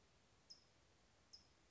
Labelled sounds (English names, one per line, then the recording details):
California Towhee
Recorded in Sonoma County, California